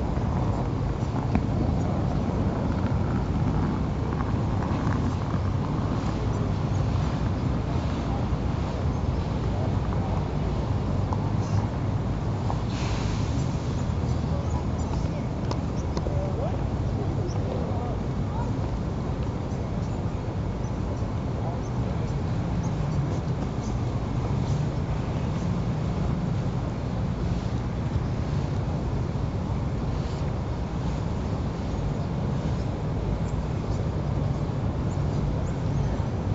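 Outdoor sounds at the Cannon plaza at Pratt Institute: a steady, dense low rumble of traffic and wind runs through the whole recording without letting up. Faint voices come and go beneath it, and a brief brighter hiss rises around thirteen seconds.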